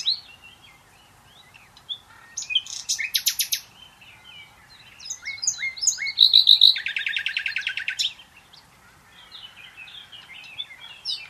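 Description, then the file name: Common nightingale singing varied phrases: scattered chirps, loud clicking bursts, a pure whistled note leading into a fast rattling trill, then softer chatter. "Luscinia megarhynchos"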